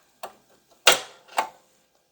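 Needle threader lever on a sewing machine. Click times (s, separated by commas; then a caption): 0.9 s. The automatic needle threader lever on a Baby Lock Brilliant sewing machine is pressed down until it snaps. A light tick at 0.2 s comes before a sharp, loud snap at 0.9 s, followed by a softer click at 1.4 s. The lever snaps into place and the needle is threaded.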